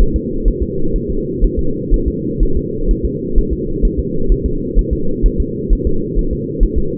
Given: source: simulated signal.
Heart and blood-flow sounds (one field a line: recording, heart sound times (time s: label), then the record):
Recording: fetal heart sounds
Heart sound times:
0.02 s: S1
0.16 s: S2
0.48 s: S1
0.62 s: S2
0.96 s: S1
1.10 s: S2
1.44 s: S1
1.59 s: S2
1.94 s: S1
2.08 s: S2
2.43 s: S1
2.57 s: S2
2.91 s: S1
3.05 s: S2
3.38 s: S1
3.53 s: S2
3.85 s: S1
3.99 s: S2
4.32 s: S1
4.46 s: S2
4.79 s: S1
4.93 s: S2
5.26 s: S1
5.40 s: S2
5.73 s: S1
5.87 s: S2
6.19 s: S1
6.33 s: S2
6.63 s: S1
6.78 s: S2
From the record:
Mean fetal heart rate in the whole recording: 130 bpm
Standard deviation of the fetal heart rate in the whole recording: 4 bpm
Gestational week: 38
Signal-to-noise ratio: -8.1 dB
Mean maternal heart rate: 72 bpm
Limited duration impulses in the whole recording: absent